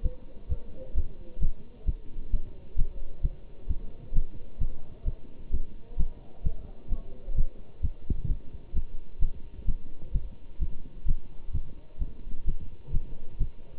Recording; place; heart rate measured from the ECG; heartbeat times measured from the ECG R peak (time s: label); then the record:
heart sounds by stethoscope; between the tricuspid and mitral areas; 130 bpm
0.02 s: heartbeat
0.48 s: heartbeat
0.94 s: heartbeat
1.39 s: heartbeat
1.85 s: heartbeat
2.31 s: heartbeat
2.76 s: heartbeat
3.22 s: heartbeat
3.67 s: heartbeat
4.13 s: heartbeat
4.58 s: heartbeat
5.05 s: heartbeat
5.51 s: heartbeat
5.97 s: heartbeat
6.43 s: heartbeat
6.89 s: heartbeat
7.35 s: heartbeat
7.81 s: heartbeat
8.27 s: heartbeat
8.73 s: heartbeat
9.19 s: heartbeat
9.66 s: heartbeat
10.12 s: heartbeat
10.59 s: heartbeat
11.05 s: heartbeat
11.52 s: heartbeat
11.99 s: heartbeat
12.45 s: heartbeat
12.91 s: heartbeat
13.38 s: heartbeat
From the record:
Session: Bruce protocol treadmill stress test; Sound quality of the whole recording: good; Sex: male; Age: 25 years